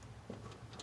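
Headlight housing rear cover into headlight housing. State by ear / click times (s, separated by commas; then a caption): not seated / none. The round rear cover of a Morimoto HID Xenon H11 XB headlight housing for a 2014-2020 Silverado truck is pushed flush and turned clockwise by hand, producing light ticking hits over a low steady hum, with a sharper tick near 0.8 s. Nothing has seated or locked home yet.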